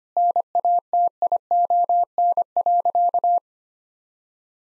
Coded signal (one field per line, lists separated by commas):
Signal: Morse code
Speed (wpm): 25 wpm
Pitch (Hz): 700 Hz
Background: none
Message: NATION.